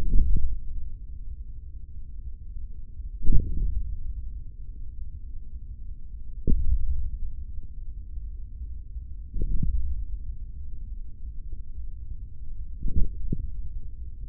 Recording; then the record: forearm muscle sounds (acoustic myography)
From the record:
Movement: hand closing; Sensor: system 3, bracelet of six PUI Audio POM-2738L microphones around the upper forearm, with dedicated amplification and filtering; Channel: 2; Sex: male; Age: 25 years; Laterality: right